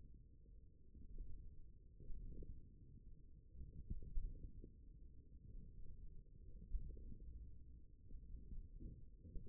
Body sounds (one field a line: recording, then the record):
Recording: forearm muscle sounds (acoustic myography)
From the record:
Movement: wrist flexion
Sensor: system 1, eight BSWA MPA416 microphones around the upper forearm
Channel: 4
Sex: male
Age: 28 years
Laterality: right